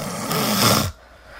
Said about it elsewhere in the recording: So it starts getting louder. that was like a big inhalation. So she starts out fairly low-key and rhythmic, and then you get that kind of snortle. Yeah, so, you know, that's a subtle sign that there could be an element of obstructive sleep apnea there.